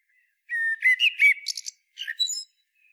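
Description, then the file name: Common blackbird song phrase, a short low whistle sliding into richer fluted notes and ending in thin, high squeaky twitters. "Turdus merula"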